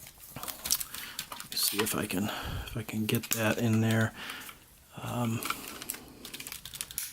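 A plastic piece of a Gigapower Graviter Masterpiece Dinobot Sludge transforming robot figure is rocked and pushed toward its locating pin on the robot body during transformation, making light plastic taps and rattles while someone talks. Nothing has seated or clicked into place yet.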